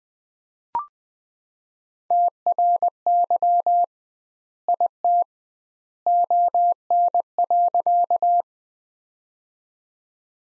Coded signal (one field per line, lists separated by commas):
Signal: Morse code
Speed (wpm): 20 wpm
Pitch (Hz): 700 Hz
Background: none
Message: TRY IT ON.